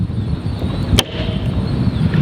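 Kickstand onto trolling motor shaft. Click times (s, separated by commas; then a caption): 1.0 s. A plastic kickstand is pulled down with force onto a boat's trolling motor shaft, gripped on each side of the shaft, over a steady background hiss. It snaps sharply into place at 0.99 s, and the kickstand is seated on the shaft.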